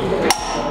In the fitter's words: until you hear that click clack patty whack give the nut a bone